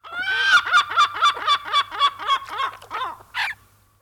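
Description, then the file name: Common gull giving a laughing series of about ten nasal, falling yelps in quick succession, ending with a harsh final note. "kalalokki"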